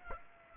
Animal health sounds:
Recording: mosquito wingbeat signal from an infrared sensor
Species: Aedes aegypti

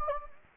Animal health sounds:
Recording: mosquito wingbeat signal from an infrared sensor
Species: Anopheles gambiae

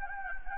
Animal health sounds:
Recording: mosquito wingbeat signal from an infrared sensor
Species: Anopheles gambiae

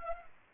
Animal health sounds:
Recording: mosquito wingbeat signal from an infrared sensor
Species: Culex pipiens

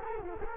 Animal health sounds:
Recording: mosquito wingbeat signal from an infrared sensor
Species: Culex quinquefasciatus

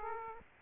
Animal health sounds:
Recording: mosquito wingbeat signal from an infrared sensor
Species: Aedes aegypti

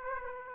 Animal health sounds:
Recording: mosquito wingbeat signal from an infrared sensor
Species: Aedes aegypti

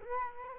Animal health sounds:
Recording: mosquito wingbeat signal from an infrared sensor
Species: Culex quinquefasciatus

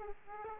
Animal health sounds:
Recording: mosquito wingbeat signal from an infrared sensor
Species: Aedes aegypti

